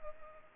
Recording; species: mosquito wingbeat signal from an infrared sensor; Culex pipiens